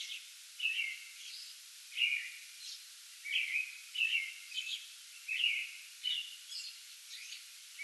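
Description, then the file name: American robin song of quick warbled whistles, phrases following each other closely in a continuous caroling run against a low, even hiss. Pre-dawn song bout recorded 8 May 2022. "2022-05-08 American Robin pre-dawn song bout"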